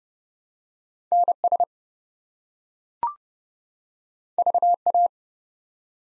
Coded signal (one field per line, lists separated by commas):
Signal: Morse code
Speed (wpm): 30 wpm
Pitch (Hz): 700 Hz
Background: none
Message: NS VA